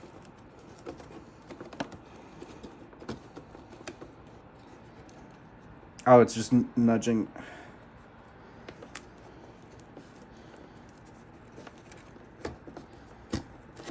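A graphics card is being handled and nudged toward a motherboard's PCIe slot, with scattered light ticks and knocks of handling and a brief burst of someone talking around 6–7 seconds. Nothing has seated or clicked yet; the card is not yet home in the slot and the retention latch has not snapped shut.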